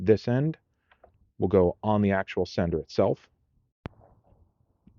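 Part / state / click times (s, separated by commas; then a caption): wiring harness connector onto engine oil pressure sender / seated / 3.9 s. A plastic electrical connector on a VCM Muzzler wiring harness for a Honda/Acura is pushed onto the engine's oil pressure sender connector while someone talks. A single sharp, fast-decaying click is heard at 3.9 s, and the connector is seated and secured.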